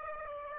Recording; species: mosquito wingbeat signal from an infrared sensor; Aedes aegypti